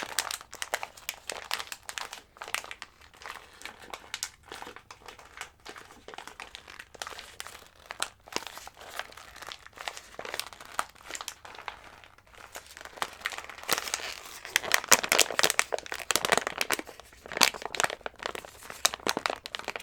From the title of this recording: Ear-To-Ear Crinkling Sounds